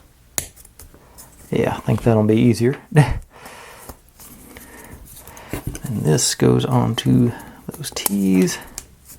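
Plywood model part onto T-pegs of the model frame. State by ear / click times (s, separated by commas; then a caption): not seated / none. A wooden plywood part of a Ugears Mechanical Celesta model is handled and lined up to be pressed onto the T-shaped pegs of the model frame while someone talks. Short, sharp knocks and small clatters of handling are heard, loudest near the start. Nothing has seated or clicked yet; the clip ends just before the part goes home.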